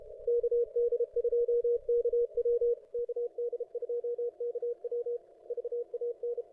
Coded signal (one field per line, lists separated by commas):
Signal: Morse code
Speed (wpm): 31 wpm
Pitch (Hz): 480 Hz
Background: radio noise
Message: KD2KW KD2KW VAN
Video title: 2022-02-24 0300Z CWOps CWT